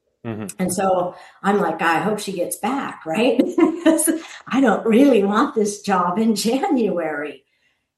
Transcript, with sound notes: And so, I'm like, "I hope she gets back," right? (laughs) Because I don't really want this job in January.